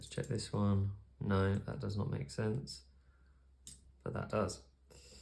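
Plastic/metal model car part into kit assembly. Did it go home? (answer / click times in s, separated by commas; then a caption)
no / none. A part of a 1:8 scale Nissan Skyline R34 diecast model car kit is handled and checked against its mating piece, with a short sharp sound near 3.7 s, while someone talks. Nothing has seated or clicked in yet.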